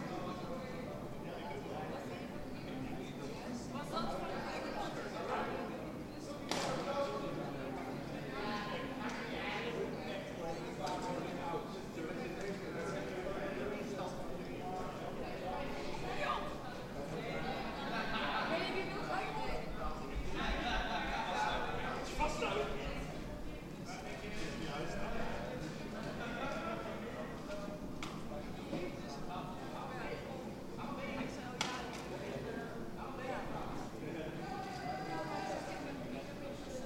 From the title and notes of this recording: BBQ party at the neighbours Den Haag. The sound of a BBQ party my neighbours had last summer. Recorded from my bedroom window.